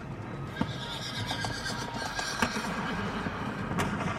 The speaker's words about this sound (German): Das ist sein Pferd, ja. Das erkenne ich.